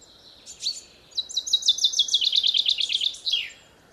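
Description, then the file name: Common chaffinch song, one full phrase: opening notes, then a fast run of repeated chips descending step by step, closing with a quick downward flourish. "Fringilla coelebs"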